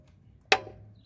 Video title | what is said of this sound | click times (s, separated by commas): Centurion D5 Evo Smart gate motor installation in Heidelberg by Pottie 083 778 2288 | and it clicks must click if it doesn't click then it's not in | 0.5 s